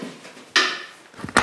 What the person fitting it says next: When everything is in there, it always makes the noise. Then you know: the snap fasteners have clicked into place properly.